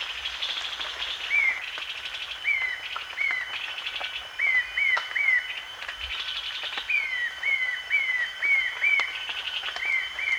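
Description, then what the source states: Short-tailed babbler giving short, clear downslurred whistles in quick runs, with other faint bird notes. Danum, 1 March 2008.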